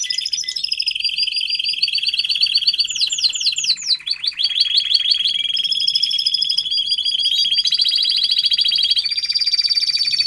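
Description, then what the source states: Domestic canary song: a long series of trills, including a run of quick sweeping notes near three seconds, then rolling and whistled trills that continue to the end. Male Belgian canary singing a lot, for training and warming up young canaries.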